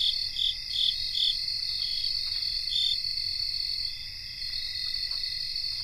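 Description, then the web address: Shrill, continuous cricket chorus with a few quick chirps at the beginning, then settling into a steady high trilling hum. Cricket chorus recorded in North America. "Nature Songs N America Songs of Insects 77-Cricket chorus"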